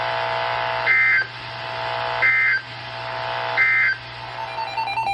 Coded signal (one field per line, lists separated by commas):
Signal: Emergency Alert System (SAME) tones